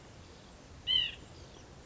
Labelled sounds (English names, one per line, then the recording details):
White-breasted Nuthatch
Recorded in Sonoma County, California